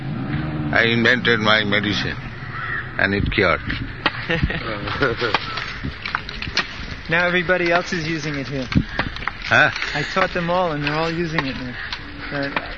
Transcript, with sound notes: I invented my medicine, and it cured me. [laughter]
Now everybody else is using it here.
Huh?
I taught them all, and they're all using it now.